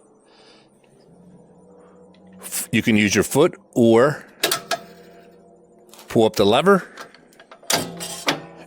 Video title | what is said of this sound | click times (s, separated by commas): NAKTO Bike Rack…A 44 lb. POWERHOUSE! A Budget Friendly LIGHTWEIGHT…SUPER EASY to USE Bike Rack! | and it locks into place | 7.7 s